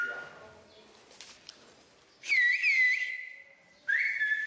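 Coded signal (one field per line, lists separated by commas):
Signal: whistled language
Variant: Silbo Gomero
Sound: soft background, then two loud whistled phrases with rising and falling pitch glides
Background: room ambience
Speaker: Très bien. Dis-le-moi en sifflant. Heure. As-tu. Encore une fois, as-tu.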